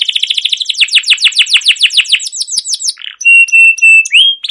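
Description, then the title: Canary song: a fast run of repeated downward-sweeping chirps, then a brief burbled note and steady whistled tones ending in a rising whistle. Canary song, described as chirping and rolling, used as a lure to get other canaries singing. "CUIT CUIT NGEROL LANGSUNG GACOR PANJANG Kenari Ini Utk Pancingan KENAR"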